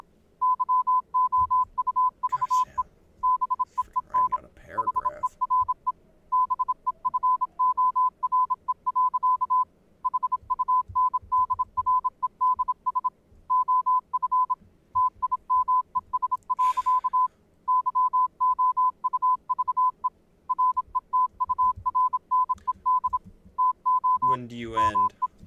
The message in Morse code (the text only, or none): YOUVE BEEN HERE BEFORE. HUNDREDS OF TIMES. YOUVE RETURNED TO ME